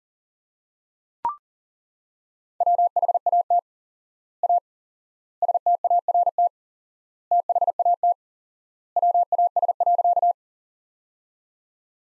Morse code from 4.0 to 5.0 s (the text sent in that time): A